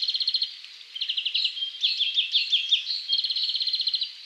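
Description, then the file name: European greenfinch singing fast, even trills broken by bouncy chirped notes, then another quick rattling trill. "Chloris chloris"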